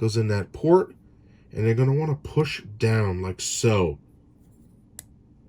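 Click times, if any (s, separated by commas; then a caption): 5.0 s. Someone talks while lining up the peg on the plastic base of a miniature ETA-2 Actis starfighter with the peg port in the hull recess and pushing it down. A small, sharp click at 5.0 s shows the peg has seated tightly in the port.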